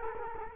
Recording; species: mosquito wingbeat signal from an infrared sensor; Culex quinquefasciatus